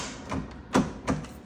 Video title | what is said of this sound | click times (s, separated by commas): Yarbo Mower | There you go. You heard it click. | 0.8 s